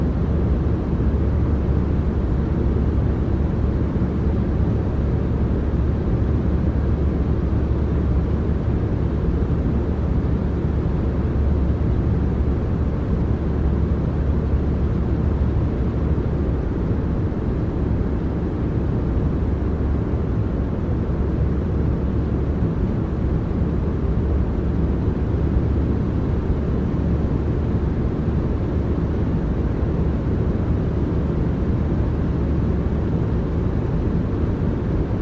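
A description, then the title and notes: A steady airplane cabin drone fills the recording, a dense, unbroken roar weighted heavily toward the low end with a deep rumble underneath. The level holds constant for the full length, with no distinct events, only a faint flutter in the texture. Airplane White Noise.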